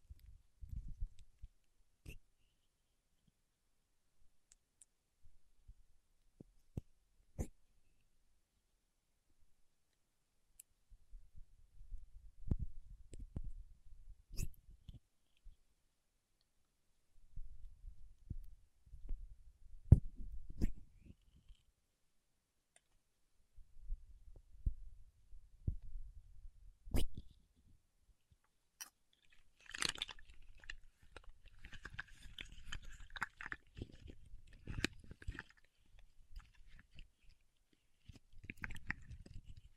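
Paraffin wax being tapped, scratched and peeled, with sharp isolated clicks scattered throughout and silence between them. Low, rough rubbing bursts come in stretches from about twelve seconds on, and after thirty seconds a brighter, crackly scraping texture fills in between the taps.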